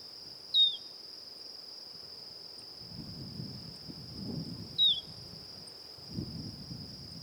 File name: Tropeiro seedeater